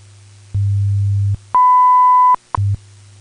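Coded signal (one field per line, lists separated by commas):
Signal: radio time signal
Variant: WWV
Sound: low 100 Hz hum, then a clean 1 kHz beep lasting 0.8 seconds, then hum resumes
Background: radio static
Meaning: The long 1000 Hz tone marks the exact start of a new minute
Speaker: at the tone 19 hours 18 minutes coordinated universal time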